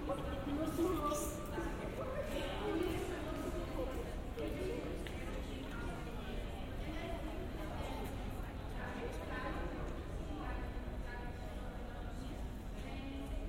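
Visitors chatter in overlapping voices at a steady, dense level, with occasional footsteps or hoof-like clopping and a low rumble beneath throughout.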